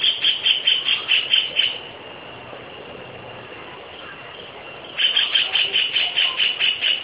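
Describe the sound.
White-throated kingfisher giving a fast rattling trill of high, shrill notes, two bursts of about two seconds each separated by a quiet pause.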